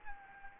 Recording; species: mosquito wingbeat signal from an infrared sensor; Anopheles gambiae